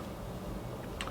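A micro SD card is pushed to release it from the push-push card slot of a DJI Osmo Action 4K camera. Low steady background noise runs until a sharp click at 1.0 s, followed by a smaller tick at about 1.1 s. The card pops out of the slot.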